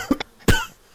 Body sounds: coughing mixed with background sound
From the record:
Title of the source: Coughing 51

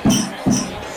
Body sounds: coughing mixed with background sound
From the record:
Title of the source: Spring Cold Coughing 3

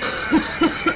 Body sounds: coughing mixed with background sound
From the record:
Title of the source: female coughing - coughing sound effects girl

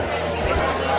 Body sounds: background sound without coughing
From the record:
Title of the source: CITY SOUNDS Busy Bar in the Evening Night - 2 HOURS of Ambiance for Relaxation

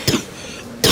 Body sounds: coughing mixed with background sound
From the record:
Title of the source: Wet coughing

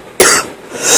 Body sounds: coughing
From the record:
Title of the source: 34 coughing up crap again

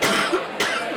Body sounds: coughing mixed with background sound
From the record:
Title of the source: 64 coughing, allergies, singing lungs

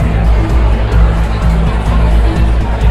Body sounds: background sound without coughing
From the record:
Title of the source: Party Noise 1 Hour Party Ambience

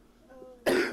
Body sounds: coughing mixed with background sound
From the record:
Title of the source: Coughing 77

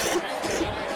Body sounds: coughing mixed with background sound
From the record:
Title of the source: 61 morning phlegmy cough...again

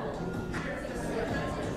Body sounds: background sound without coughing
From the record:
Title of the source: 60 minutes of coffee shop sounds for study and concentration

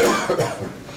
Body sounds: coughing mixed with background sound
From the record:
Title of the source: Cough Around the Clock!

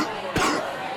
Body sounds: coughing mixed with background sound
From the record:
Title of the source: Coughing 46

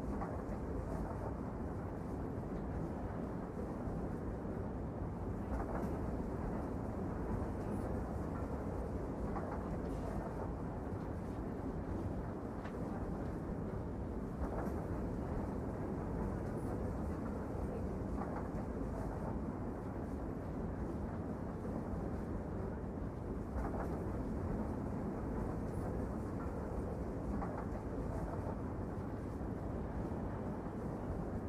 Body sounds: background sound without coughing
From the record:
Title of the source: Train Ride Ambience ambient white noise for sleeping, focus, studying, reading

